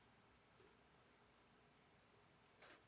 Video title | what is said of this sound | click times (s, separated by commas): Triton Starstrike NV100 and NV101 User Instructions and Menu Guide | And just like that, once you hear a click, it has been inserted. | 2.1 s